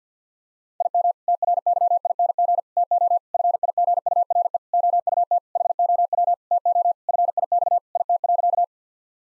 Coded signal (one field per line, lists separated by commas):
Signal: Morse code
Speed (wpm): 47 wpm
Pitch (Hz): 700 Hz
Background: none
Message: IM TRYING TO FIGURE OUT HOW TO FIX IT.